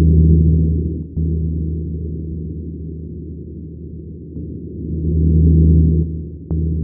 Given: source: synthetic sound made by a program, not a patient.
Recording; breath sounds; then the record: synthetic breath sounds; normal breath sounds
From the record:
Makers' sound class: normal breath sounds